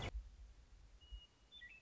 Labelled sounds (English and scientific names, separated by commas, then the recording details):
Western Meadowlark (Sturnella neglecta)
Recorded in Sonoma County, California